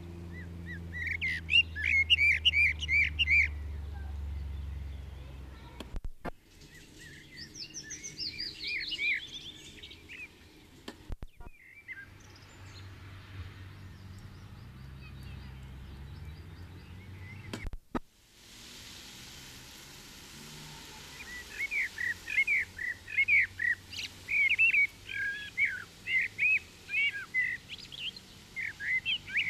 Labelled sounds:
Common Blackbird song

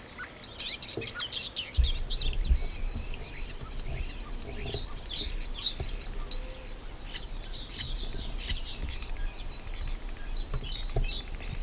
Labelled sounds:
European Starling song

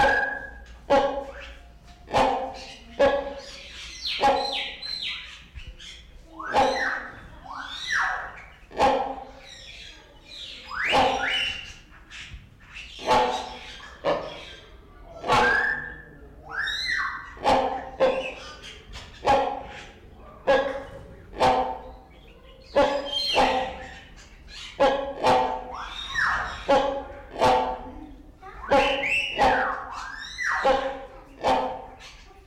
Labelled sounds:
Great Hornbill call

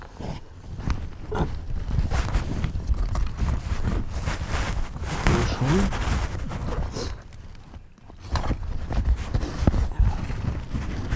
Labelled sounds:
Spotted Crake

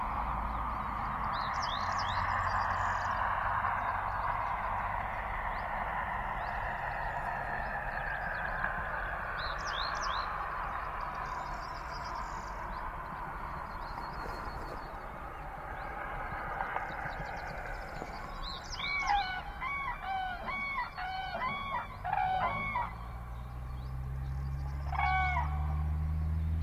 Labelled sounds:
Common Crane call

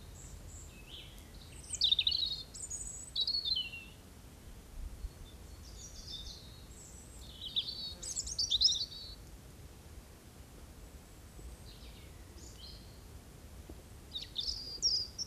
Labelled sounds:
European Robin song

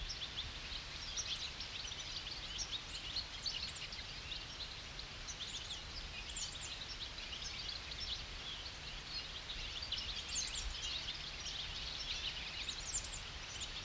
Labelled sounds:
European Goldfinch

